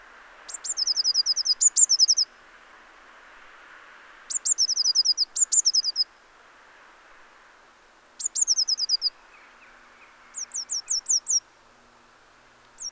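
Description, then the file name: Eurasian blue tit calling in high, thin bursts: one or two sharp notes followed by a quick run of several short notes, repeated every few seconds over faint background hiss. "Cyanistes caeruleus"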